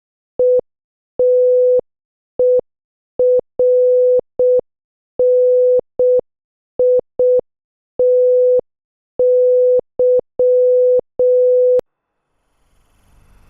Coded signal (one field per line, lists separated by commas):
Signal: Morse code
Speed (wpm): 6 wpm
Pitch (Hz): 500 Hz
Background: none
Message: ETERNITY